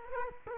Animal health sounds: mosquito wingbeat signal from an infrared sensor; Culex quinquefasciatus

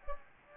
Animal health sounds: mosquito wingbeat signal from an infrared sensor; Anopheles gambiae

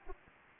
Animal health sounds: mosquito wingbeat signal from an infrared sensor; Anopheles arabiensis

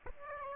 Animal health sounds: mosquito wingbeat signal from an infrared sensor; Aedes aegypti

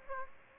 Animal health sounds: mosquito wingbeat signal from an infrared sensor; Aedes aegypti

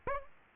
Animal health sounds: mosquito wingbeat signal from an infrared sensor; Aedes aegypti

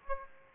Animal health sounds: mosquito wingbeat signal from an infrared sensor; Aedes aegypti

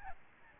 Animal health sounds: mosquito wingbeat signal from an infrared sensor; Aedes albopictus

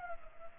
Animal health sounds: mosquito wingbeat signal from an infrared sensor; Culex pipiens

